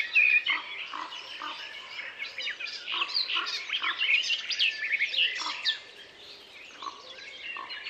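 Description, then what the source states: Birds: busy mix of high chirps and short rapid notes from many birds, loud at the start and fading toward the end. Forest ambience.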